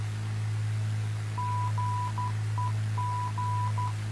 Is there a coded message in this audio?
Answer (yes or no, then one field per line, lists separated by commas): yes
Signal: Morse code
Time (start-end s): 1.4-3.9 s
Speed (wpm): 12 wpm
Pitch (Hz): 990 Hz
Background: none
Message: GEG